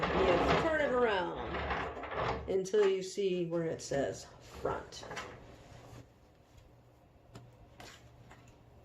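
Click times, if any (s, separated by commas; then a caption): none. Someone talks while turning an evaporator wick for an Air Care EP9800 whole home humidifier around until its "front" marking shows and lining it up on the ridges of the wick holder before sliding it into place. After the talking, only quiet handling sounds follow, with faint taps around 7.4, 7.8 and 8.3 seconds. Nothing has seated or clicked yet.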